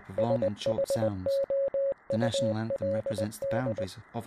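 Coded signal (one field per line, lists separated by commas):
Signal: Morse code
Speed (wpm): 20 wpm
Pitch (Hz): 550 Hz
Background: speech, radio noise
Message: SHOULD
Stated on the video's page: Morse-like sound among real space sounds recorded by satellites, used in an anthology of short films.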